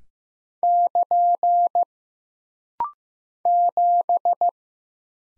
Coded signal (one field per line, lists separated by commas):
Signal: Morse code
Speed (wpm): 15 wpm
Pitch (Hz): 700 Hz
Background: none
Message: <KN> 7